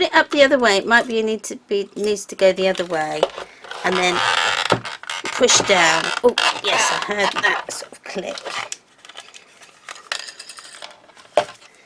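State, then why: Seated. Someone talks while turning an embellishment piece the other way and pushing it down into a keepsake book cover, with soft rustling and handling noises. Sharp clicks at 10.1 s and 11.4 s mark the piece clicking into place, seated.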